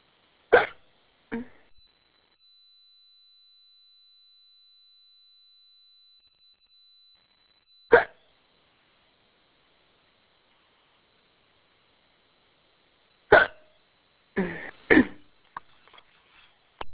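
An adult hiccuping: about six sudden, short 'hic' sounds at irregular gaps over 17 seconds, from abrupt diaphragm spasms.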